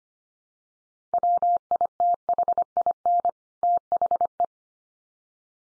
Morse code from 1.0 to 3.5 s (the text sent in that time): WITHIN